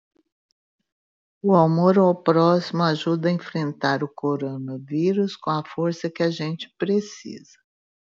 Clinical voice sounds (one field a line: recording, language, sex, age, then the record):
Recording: spoken sentence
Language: Brazilian Portuguese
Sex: female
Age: 50 to 59 years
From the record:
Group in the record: control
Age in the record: 59 years